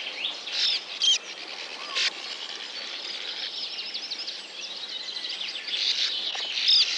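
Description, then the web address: Sand martin gives dry rattling twitters and short trilled series, with a few sharper chirps over a steady background of chatter. Recorded in Lower Saxony, Germany. "niedersachsen uferschwalbe"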